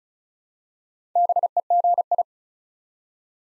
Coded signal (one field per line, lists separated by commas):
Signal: Morse code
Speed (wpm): 36 wpm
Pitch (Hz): 700 Hz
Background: none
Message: BEGI